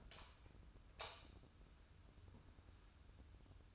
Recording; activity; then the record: daily activity, microphone in the room; light on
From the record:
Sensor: 2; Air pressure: 994.3 hPa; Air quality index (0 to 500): 217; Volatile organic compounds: 1000 ppm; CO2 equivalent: 7186 ppm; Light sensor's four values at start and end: 139/333/141/146 and 144/351/148/153